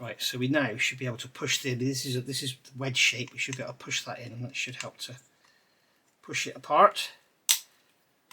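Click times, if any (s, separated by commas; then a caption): 7.5 s. Someone talks while pushing a wedge-shaped plastic insert into the wheel of a 1:6 scale DeAgostini Mustang GT500 model car. A sharp click is heard at 7.5 s as the insert clips fully home on both sides.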